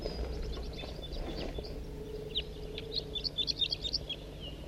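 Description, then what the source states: Red Crossbill flock giving short, sharp chip-like flight calls, scattered at first then a quick burst of clustered notes near the end, over a steady low hum. Wild flock calling in flight as the whole flock flew over; forest at the bottom of Poverty Hollow, June 9, 1983, around 7 a.m.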